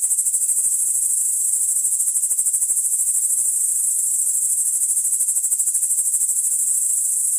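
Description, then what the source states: Crickets calling in a continuous high-pitched chorus, rapid pulses blending into an even, shimmering trill throughout. Crickets recorded in the Emmental.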